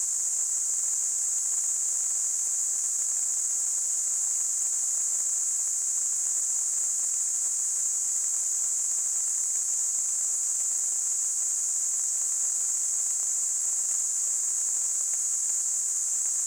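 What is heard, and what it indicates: A steady, unbroken high-pitched hiss centred near 8 kHz runs for the full 16 seconds at an even loudness, with no rhythm or pauses. It is a simulated tinnitus sound, imitating the constant high ringing or hissing that some people hear.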